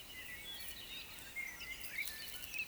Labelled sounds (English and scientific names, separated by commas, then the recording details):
Eurasian Woodcock (Scolopax rusticola) croak
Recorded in Baden-Württemberg, Germany, on 31 May 2021 at 19:30 UTC
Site 24606, 635 m above sea level